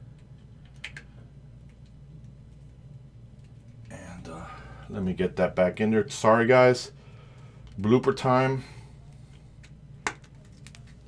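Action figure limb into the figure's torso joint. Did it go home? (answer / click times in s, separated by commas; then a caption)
yes / 10.1 s. A limb that came off a build-a-figure action figure is pushed back into its plastic peg joint on the torso. Someone talks over faint handling noise, then a sharp snap at 10.1 s seats the limb back on.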